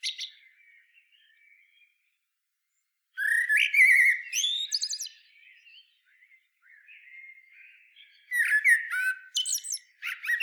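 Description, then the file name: Common blackbird singing: two loud phrases mixing fluty notes with high, scratchy twitters, with faint softer notes before and between them. "Turdus merula"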